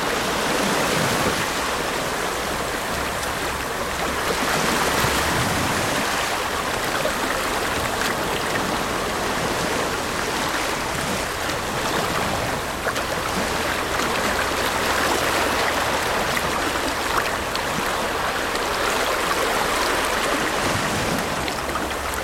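Ocean waves wash steadily onto sand in a dense, constant hiss, swelling slightly around five and fifteen seconds, with a low rumble underneath.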